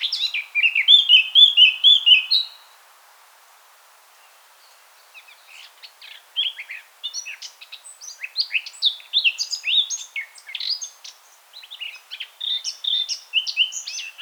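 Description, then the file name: Eurasian blackcap singing: a loud, clear phrase of fluting notes, a pause, then a long stretch of quicker, scratchy warbling notes. "Sylvia atricapilla"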